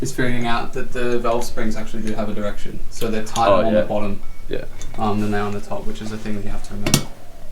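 Someone talks throughout while a valve spring, its retainer and collets (keepers) are handled on a valve in a 4AGE engine cylinder head during a rebuild. Nothing has seated or clicked into place yet.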